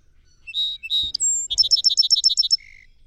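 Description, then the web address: Song Sparrow song of whistled introductory notes, a high sustained tone, a fast ringing trill and a low buzz, with two soft low thumps in between. "songs 169 Song Sparrow"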